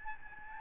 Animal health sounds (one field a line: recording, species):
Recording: mosquito wingbeat signal from an infrared sensor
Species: Aedes albopictus